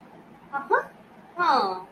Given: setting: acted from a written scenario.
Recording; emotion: vocal sound without words; realization